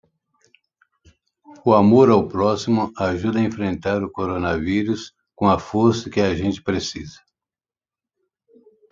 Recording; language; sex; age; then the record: spoken sentence; Brazilian Portuguese; female; 20 to 29 years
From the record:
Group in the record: control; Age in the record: 27 years